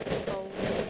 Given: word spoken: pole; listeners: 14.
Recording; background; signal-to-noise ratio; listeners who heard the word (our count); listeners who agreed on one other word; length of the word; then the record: one English word in noise, from a listening test; noise modulated by three-talker babble; -6.5 dB; 1 of 14; 6 of 14; 0.50 s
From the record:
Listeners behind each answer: 6, 2, 1, 1, 1, 1, 1, 1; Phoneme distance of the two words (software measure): 17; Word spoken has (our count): 1 syllable, 3 phonemes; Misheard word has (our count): 1 syllable, 4 phonemes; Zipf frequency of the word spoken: 4.31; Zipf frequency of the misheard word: 5.11